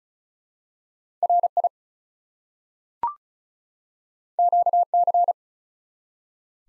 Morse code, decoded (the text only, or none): RI QC